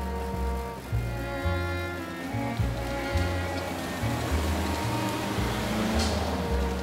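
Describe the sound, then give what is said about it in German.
Air conditioning units drone steadily on a street in Tel Aviv in November, a low humming buzz with layered tonal whines that shift slightly in pitch, over a constant wash of traffic-like noise. “Auf den Straßen von Tel Aviv hört man die Klimaanlage noch im November.”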